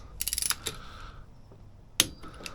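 A click-type torque wrench tightens an oil pan bolt on a small block Chevy engine block, with a quick run of ratcheting clicks between about 0.2 and 0.5 s. After a quiet pause, one sharp, loud click at 2.0 s shows the wrench has reached its torque setting.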